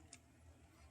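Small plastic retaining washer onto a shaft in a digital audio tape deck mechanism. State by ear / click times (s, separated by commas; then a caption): seated / 0.1 s. A small plastic retaining washer, a stray part being refitted, snaps onto a shaft in the mechanism of a Sony DTC-690 digital audio tape deck. A single faint, bright click is heard at 0.1 s over a low background hum, and the washer is seated.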